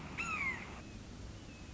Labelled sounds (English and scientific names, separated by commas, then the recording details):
Red-shouldered Hawk (Buteo lineatus)
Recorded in Sonoma County, California